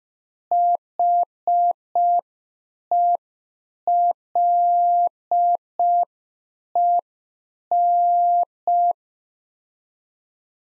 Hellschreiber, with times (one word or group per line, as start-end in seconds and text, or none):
none